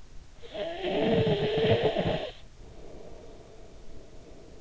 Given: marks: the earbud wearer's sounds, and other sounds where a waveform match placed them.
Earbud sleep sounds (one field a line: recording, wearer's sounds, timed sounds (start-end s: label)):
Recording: sounds in sleep by an in-ear microphone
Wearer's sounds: snoring breath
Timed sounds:
0.29-4.61 s: snoring breath